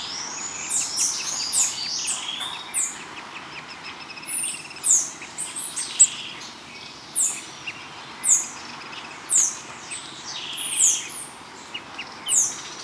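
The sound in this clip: Bird calls: a chorus of high, downslurred chirps repeated throughout over a constant soft hiss.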